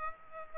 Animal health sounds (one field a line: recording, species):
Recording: mosquito wingbeat signal from an infrared sensor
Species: Aedes aegypti